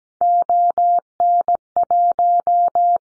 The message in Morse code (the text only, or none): ON1